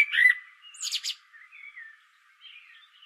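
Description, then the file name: Common blackbird, a short fluty warble followed by a squeaky high twitter, then faint soft notes fading away. "Turdus merula"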